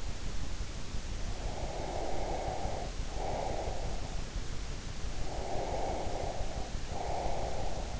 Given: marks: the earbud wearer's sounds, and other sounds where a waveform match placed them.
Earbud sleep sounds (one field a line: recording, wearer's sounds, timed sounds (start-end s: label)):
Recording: sounds in sleep by an in-ear microphone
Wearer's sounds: breath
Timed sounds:
1.20-4.04 s: breath
5.16-8.00 s: breath